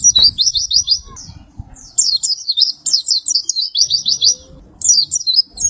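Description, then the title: White-eye singing in quick runs of high, sweet zigzag notes, several phrases separated by brief pauses over a soft low rumble. "Pleci"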